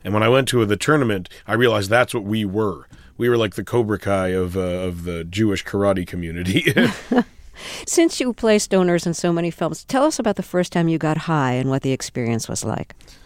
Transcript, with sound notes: And then when I went to the tournament, I realized that's what we were; we were like the Cobra Kai of the Jewish karate community.
(Soundbite of laughter) Since you play stoners in so many films, tell us about the first time you got high and what the experience was like.